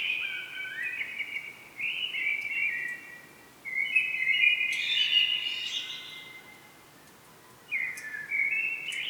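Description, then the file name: Common blackbird song: low fluting phrases run together with scratchy higher twitters, a short pause, then the start of a new phrase. "Turdus merula"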